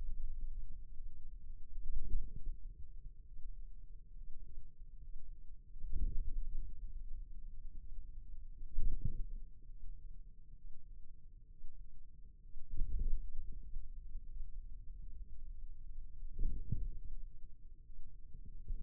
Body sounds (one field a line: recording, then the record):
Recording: forearm muscle sounds (acoustic myography)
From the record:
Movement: wrist extension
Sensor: system 2, bracelet of six BSWA MPA416 microphones around the upper forearm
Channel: 6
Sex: male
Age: 22 years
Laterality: right